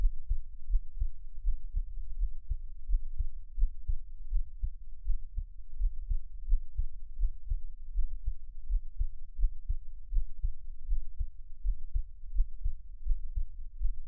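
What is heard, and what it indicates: Soft, low heart thumps at roughly 81 beats a minute, with an uneven rhythm where some beats come late or seem to drop out. The pattern fits frequent skipped beats. It is close and quiet, with no talking.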